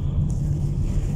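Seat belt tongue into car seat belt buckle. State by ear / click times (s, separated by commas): not seated / none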